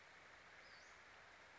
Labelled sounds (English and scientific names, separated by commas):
Western Flycatcher (Empidonax difficilis)